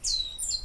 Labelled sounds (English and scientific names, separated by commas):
Stitchbird (Notiomystis cincta) song